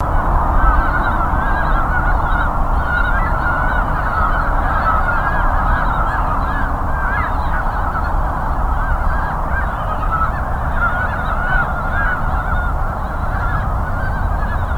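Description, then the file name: Ezo brown frogs calling together, many overlapping low clucking, duck-like croaks in a dense continuous chorus over a heavy low rumble. "Rana pirica"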